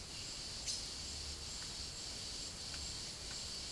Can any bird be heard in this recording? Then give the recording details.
no. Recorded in secondary vegetation near Puerto Asís, Putumayo, Colombia, on 22 December 2024 at 13:00. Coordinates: 0.489, -76.322. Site G059